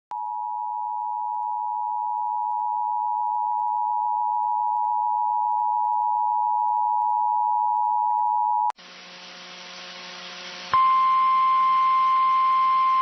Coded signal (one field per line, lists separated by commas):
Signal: Emergency Alert System (SAME) tones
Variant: 853 and 960 Hz attention tone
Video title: EAS Inland Northwest Monthly Test on KSPS-TV (PBS)